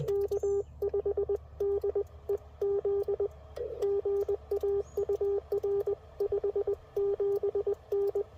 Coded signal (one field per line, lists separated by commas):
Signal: Morse code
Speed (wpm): 20 wpm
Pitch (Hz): 400 Hz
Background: radio noise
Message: K5D EZ GAUR 57N